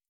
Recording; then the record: hydrophone in a shrimp aquaculture tank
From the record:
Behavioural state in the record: feeding